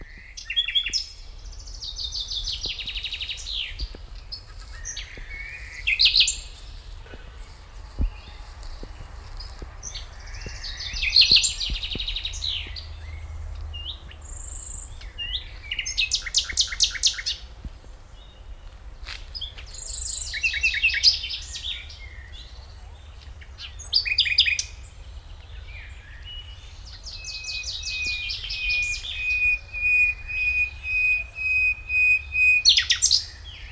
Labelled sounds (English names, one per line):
Common Nightingale song